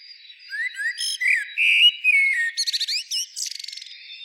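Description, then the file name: Eurasian blackbird singing: low, mellow fluted whistles rising and falling, then a burst of high, squeaky twittering notes rapidly repeated near the end. "Turdus merula"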